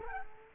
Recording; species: mosquito wingbeat signal from an infrared sensor; Culex quinquefasciatus